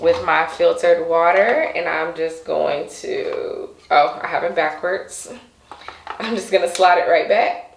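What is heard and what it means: A filled plastic water tank, first put in backwards, is being handled and slotted back into a handheld steamer body while someone talks. Only speech is heard throughout, with no distinct mechanical sound, and nothing has seated or clicked yet.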